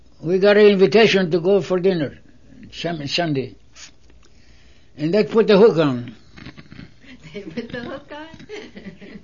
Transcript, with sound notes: We got an invitation to go for dinner, Sunday. And they put the hook on me. ( they laugh )
They put the hook on you?